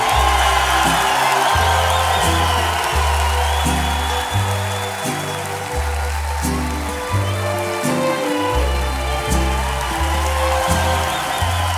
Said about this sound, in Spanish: ¿Y qué pasó con el aplauso? Y un grito ahora sí.